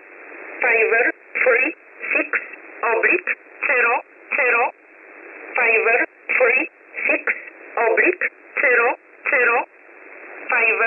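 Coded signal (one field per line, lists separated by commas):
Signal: numbers station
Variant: E11 Oblique, English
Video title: 16 03 2022 Number station E11 Oblique in English to Eu 0900 on 9968 Warsaw USB mode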